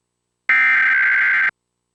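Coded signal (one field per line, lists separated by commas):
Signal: Emergency Alert System (SAME) tones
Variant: header bursts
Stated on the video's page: National EAS test activation captured from a Seattle TV station.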